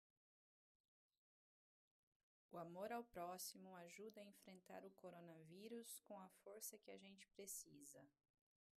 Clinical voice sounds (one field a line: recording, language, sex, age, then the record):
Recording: spoken sentence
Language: Brazilian Portuguese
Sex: female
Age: 30 to 39 years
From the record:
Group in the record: control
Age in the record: 34 years